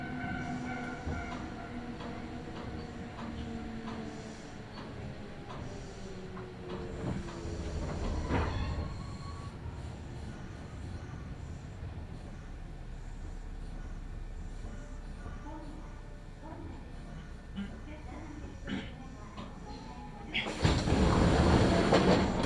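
A Kintetsu Nagoya Line local train running from Kawagoe-Tomisuhara toward Shiohama. Motor whine slides down in pitch over the first eight seconds, a sharp clunk sounds near eight seconds, and a steady low rumble follows. A loud, rushing roar takes over from about twenty seconds.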